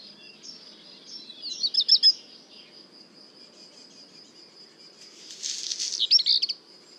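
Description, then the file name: Black redstart song: two phrases, each a fast high rattle, the second preceded by a scratchy, crackling burst, above a continuous insect drone. At le Puech. "chant de rougequeue noir merle noir le Puech"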